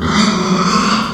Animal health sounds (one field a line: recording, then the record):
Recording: squeal of a Yucatan mini pig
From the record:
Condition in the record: after surgery on the right vocal fold (resection and tissue-engineered implant)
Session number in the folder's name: 16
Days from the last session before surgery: 183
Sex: female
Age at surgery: 19 weeks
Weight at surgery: 25 kg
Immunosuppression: prednisolone